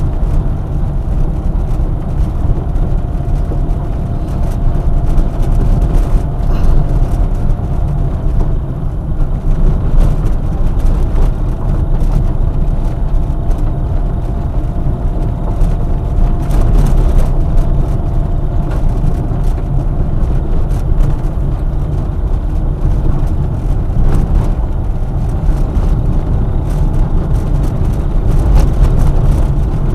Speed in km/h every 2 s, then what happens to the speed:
29, 29, 29, 27, 26, 27, 29, 29, 28, 29, 32, 32, 34, 35, 36.
0-17 steady at about 29. 17-30 speeds up to 36.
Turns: none.